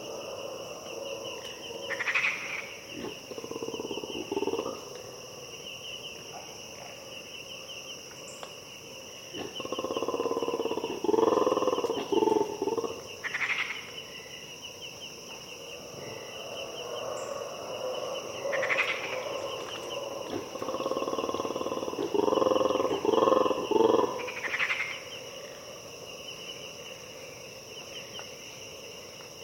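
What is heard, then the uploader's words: Colobus monkeys give deep, rolling territorial roars in bursts around 2, 10–13 and 21–24 seconds, loud. A steady, high insect chorus drones underneath throughout, with brief frog calls popping out between the bouts. Harenna Forest - Dawn - Colobus Monkeys And Frogs. Early at dawn, deep in the Harenna Forest. Colobus monkeys wake up and utter their terrifying territorial calls with a lush insect chorus background punctuated by frogs.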